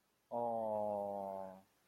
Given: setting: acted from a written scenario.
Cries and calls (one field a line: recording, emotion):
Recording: vocal sound without words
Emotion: adoration